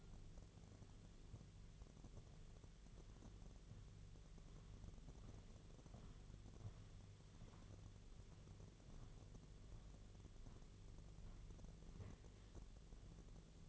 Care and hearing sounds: daily activity, microphone in the room; walk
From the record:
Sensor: 4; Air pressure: 1009.2 hPa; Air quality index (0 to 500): 172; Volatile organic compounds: 5 ppm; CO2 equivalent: 1732 ppm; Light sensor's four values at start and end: 25/78/30/29 and 25/77/29/28

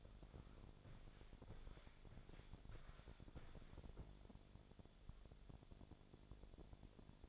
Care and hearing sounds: daily activity, microphone in the room; walk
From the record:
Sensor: 5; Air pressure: 1000.6 hPa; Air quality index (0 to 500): 140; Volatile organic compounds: 2 ppm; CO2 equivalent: 1086 ppm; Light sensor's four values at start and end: 48/111/46/48 and 47/111/46/48

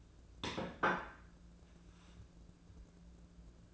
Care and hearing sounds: daily activity, microphone in the room; place plate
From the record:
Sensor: 2

